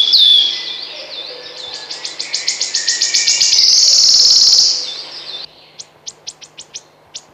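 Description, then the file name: Wood warbler song: a brief high note, then ticking notes that accelerate and merge into a long shimmering trill, followed by scattered separate ticks. "Świstunka leśna"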